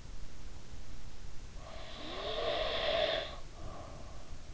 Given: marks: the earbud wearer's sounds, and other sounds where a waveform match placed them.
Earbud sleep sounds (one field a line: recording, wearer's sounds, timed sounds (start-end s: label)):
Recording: sounds in sleep by an in-ear microphone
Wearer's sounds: breath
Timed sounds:
1.48-4.50 s: breath